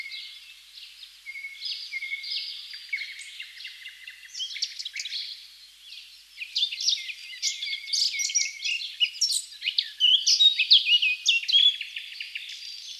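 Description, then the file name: Eurasian blackcap singing a long, quiet scratchy warble that builds into louder, fast, varied chattering phrases in the second half. "Sylvia atricapilla"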